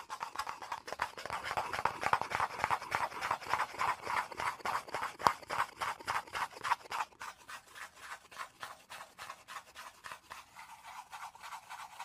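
Rapid, regular scratching and tapping strokes, roughly two or three per second, with a rough rasping texture centred in the upper-middle range. The strokes are denser and louder for the first seven seconds, then thin out and soften toward the end.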